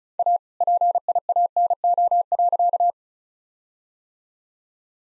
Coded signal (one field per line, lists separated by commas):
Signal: Morse code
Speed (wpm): 34 wpm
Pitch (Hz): 700 Hz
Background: none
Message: A PIANO.